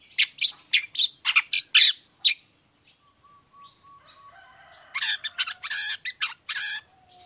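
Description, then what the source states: Long-tailed shrike giving a burst of harsh scratchy notes, a quiet stretch with a thin steady tone, then more loud rasping chatter. Long-tailed shrike in full song in the morning, with 'toet toet' notes, varied clear-voiced phrases; offered as a model for other shrikes to imitate.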